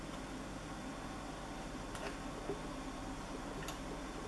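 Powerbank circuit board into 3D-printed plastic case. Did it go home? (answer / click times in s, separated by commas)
no / none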